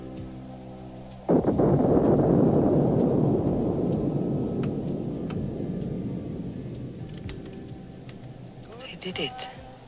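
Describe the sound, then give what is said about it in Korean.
In a film scene, a sudden deep explosion boom heard from far away erupts after a quiet start, then rolls on as a long, low rumble that slowly fades, with faint crackling and a brief rise near the end. “그런데 샘과 클레어가 탄 경비행기의 엔진이 갑자기 멈추더니 멀리서 폭발음도 들려옵니다.”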